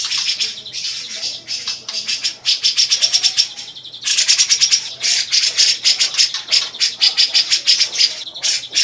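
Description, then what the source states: Grey-cheeked bulbul song: fast, scratchy, chattering phrases running almost continuously, a short lull around four seconds, then the rapid harsh notes resume over a low steady hum. Long-duration master song used for training songbirds.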